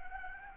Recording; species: mosquito wingbeat signal from an infrared sensor; Anopheles gambiae